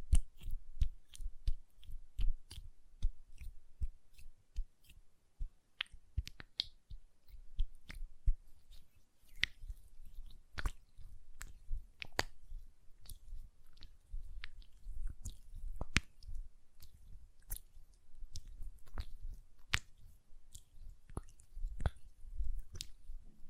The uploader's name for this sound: Hand Sounds, Nail Tapping and Lotion Sounds